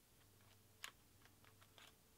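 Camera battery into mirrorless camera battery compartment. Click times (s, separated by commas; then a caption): 0.8 s. A camera battery is pushed, flat side toward the camera, into the battery compartment of a Sony A6000 mirrorless camera until the retaining latch clicks. A sharp click at 0.8 s (listed at 0.85) stands out, followed by fainter ticks around 1.3, 1.4 and 1.8 s. The battery is confirmed seated.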